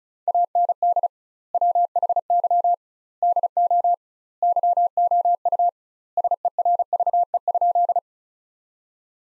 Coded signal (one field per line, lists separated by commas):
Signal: Morse code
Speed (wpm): 34 wpm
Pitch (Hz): 700 Hz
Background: none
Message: AND WHY DO YOU SERVE?